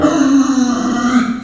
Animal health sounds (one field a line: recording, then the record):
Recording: squeal of a Yucatan mini pig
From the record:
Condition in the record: after surgery on the right vocal fold (resection and tissue-engineered implant)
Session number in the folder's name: 6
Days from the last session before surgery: 40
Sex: female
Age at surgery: 19 weeks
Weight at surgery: 25 kg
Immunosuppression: prednisolone